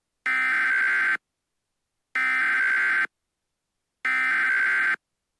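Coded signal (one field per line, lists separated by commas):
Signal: Emergency Alert System (SAME) tones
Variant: header bursts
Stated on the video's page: Fictional EAS scenario, not a real alert.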